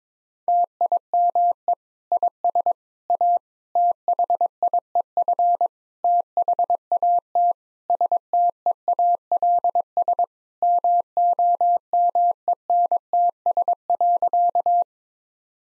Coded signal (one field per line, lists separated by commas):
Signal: Morse code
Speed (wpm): 22 wpm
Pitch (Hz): 700 Hz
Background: none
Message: TIME IS A THIEF THAT STEALS MOMENTS.